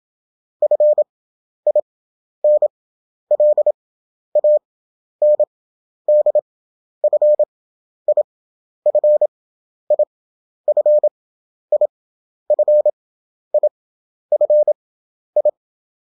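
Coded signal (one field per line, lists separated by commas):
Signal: Morse code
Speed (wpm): 27 wpm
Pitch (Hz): 600 Hz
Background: none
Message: FINLAND FI FI FI FI FI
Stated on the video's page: Morse practice at 27 wpm character speed with 11 wpm effective (Farnsworth) spacing; European country abbreviations, each repeated five times after the country is spelled out.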